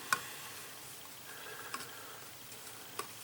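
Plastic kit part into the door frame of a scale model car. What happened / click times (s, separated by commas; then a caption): The plastic part clipped into place / 0.1 s. A plastic kit part for a 1/8 scale Eaglemoss Ecto-1 car model is slid inside the rear right door frame and pressed until it clips in. A sharp click at 0.1 s marks it seating, followed by two fainter ticks near 1.7 s and 3.0 s over a low background hiss. The part is seated.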